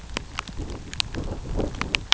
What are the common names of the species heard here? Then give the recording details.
none. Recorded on Arctic tundra, site UTQI-2, on 13 June 2019. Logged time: 12:00